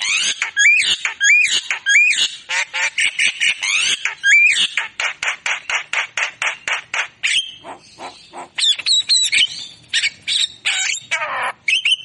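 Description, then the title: Javan myna song: rapid, harsh chattering notes mixed with bright rising whistles and squeaky, varied phrases. Lively singing Javan myna whose song includes imitations of magpie-robin, green leafbird and lovebird; presented as tutoring and lure audio for songbirds. "Masteran & Pancingan Kicauan Jalak Kebo Gacor Istimewa isian Murai Cucak Ijo Lovebird"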